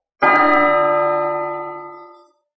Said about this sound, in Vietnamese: Trong một tòa thiên khuyết treo một cái chuông lớn màu vàng, tiếng chuông rung động khắp thập phương, vang vọng chấn động cổ thành phía dưới.